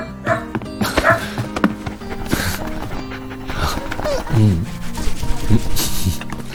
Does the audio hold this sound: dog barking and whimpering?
yes